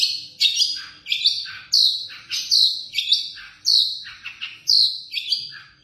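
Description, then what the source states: Long-tailed shrike song of loud, harsh, squeaky phrases with slurred whistles, repeated in quick, uneven bursts. Song of the style called kombinasi (combination song).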